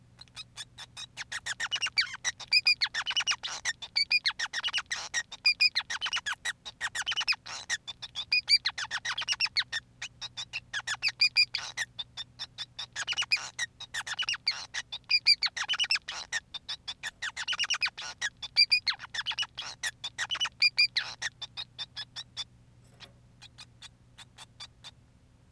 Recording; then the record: song of a male Bengalese finch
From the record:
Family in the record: son of father 5